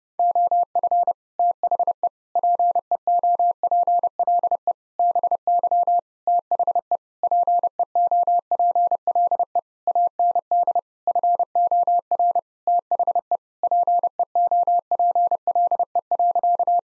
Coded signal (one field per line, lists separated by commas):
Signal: Morse code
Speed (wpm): 30 wpm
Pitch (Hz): 700 Hz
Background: none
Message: OF THE PEOPLE BY THE PEOPLE AND FOR THE PEOPLE.